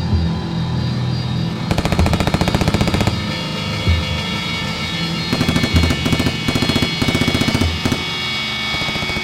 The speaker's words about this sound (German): Und ich drücke den Abzug. Ja, ich ziele auf die Studenten hinter der Holzwand. Wie von Sinnen feuere ich das ganze Magazin leer.